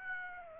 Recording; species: mosquito wingbeat signal from an infrared sensor; Aedes aegypti